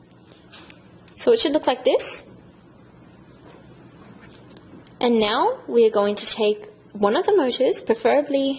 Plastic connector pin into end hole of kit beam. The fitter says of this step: So we push that in until it clicks.